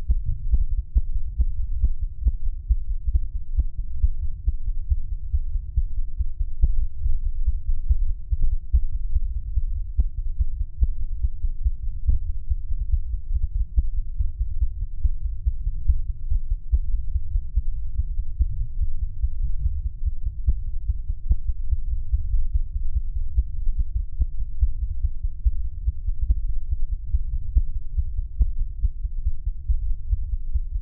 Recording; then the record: fetal heart sounds by stethoscope on the mother's abdomen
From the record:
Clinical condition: bleeding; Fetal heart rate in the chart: 148 bpm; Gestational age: 34 weeks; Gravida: 3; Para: 1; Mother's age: 23 years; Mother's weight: 49 kg